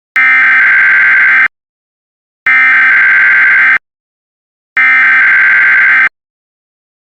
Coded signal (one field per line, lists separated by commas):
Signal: Emergency Alert System (SAME) tones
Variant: header bursts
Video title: EAS Scenario: May 3rd 1999 Bridge Creek-Moore Tornado Emergency